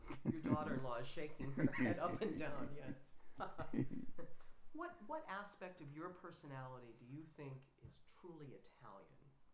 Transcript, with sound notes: Your daughter-in-law is shaking her head up and down. [chuckles] [laughter] What — what aspect of your personality do you think is truly Italian?